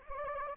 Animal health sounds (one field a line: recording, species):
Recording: mosquito wingbeat signal from an infrared sensor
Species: Anopheles gambiae